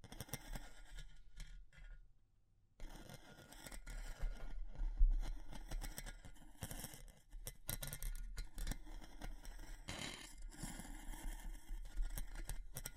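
Wood, bamboo and straw being handled, with dense scratchy rustling and scraping that runs almost continuously. Sharp crisp clicks and crackles cut through often, strongest around seven and ten seconds. A near-silent pause falls between about two and three seconds.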